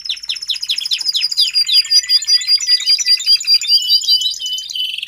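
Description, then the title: Domestic canary song: fast rolls repeated several times a second, then a dense chattering trill of high notes ending in a steady sustained whistle. Male Belgian canary singing a lot, for training and warming up young canaries. "Canario Belga. Macho Cantando Muito"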